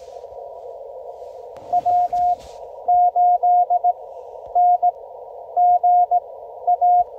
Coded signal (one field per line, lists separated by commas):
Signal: Morse code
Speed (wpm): 17 wpm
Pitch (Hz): 700 Hz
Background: none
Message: W8NGA